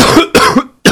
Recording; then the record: coughing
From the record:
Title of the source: Coughing 46